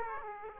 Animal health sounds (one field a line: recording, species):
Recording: mosquito wingbeat signal from an infrared sensor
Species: Aedes aegypti